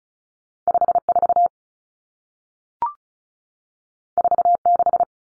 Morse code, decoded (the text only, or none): 54 46